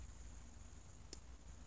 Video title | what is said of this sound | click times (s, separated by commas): Old Timer 106OT Grandad's Pocket Knife | you can kind of just hear it snap when I open it. Listen. | 1.1 s